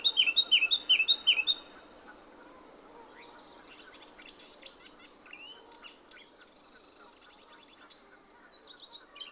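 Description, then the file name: Eurasian blackcap song: a quick run of bright, repeated chevron-shaped notes, then quieter scattered high twittering and warbled phrases over a soft background hiss. "Sylvia atricapilla"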